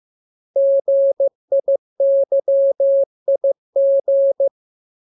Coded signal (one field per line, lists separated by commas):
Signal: Morse code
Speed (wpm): 15 wpm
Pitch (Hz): 550 Hz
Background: none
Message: GIYIG